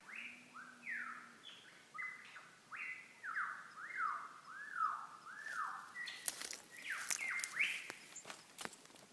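Lyrebird song: a varied run of loud, arched whistled notes, with clicks and rustling near the end.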